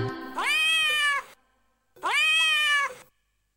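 Cat meowing twice, each a long drawn-out rising then level meow lasting nearly a second, separated by a short silent pause.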